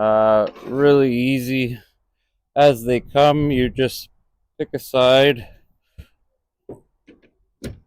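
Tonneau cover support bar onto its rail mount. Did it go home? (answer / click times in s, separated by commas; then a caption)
yes / 7.6 s. Someone talks while a tonneau cover support bar is pushed onto its rail mount, followed by a few faint taps. A sharp click at 7.6 s marks the support bar snapping into place, seated and locked.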